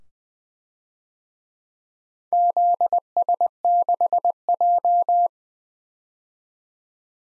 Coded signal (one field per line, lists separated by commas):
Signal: Morse code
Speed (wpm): 20 wpm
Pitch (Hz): 700 Hz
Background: none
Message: ZS6J